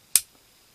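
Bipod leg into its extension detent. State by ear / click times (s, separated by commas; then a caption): seated / 0.2 s. A metal leg of a UTG TSD low-profile Barrett .50 cal-style bipod is tugged down and gives one sharp, bright click at 0.2 s, followed by a quick fade and a faint tick. The leg seats into its first extension detent, since each click marks a different length.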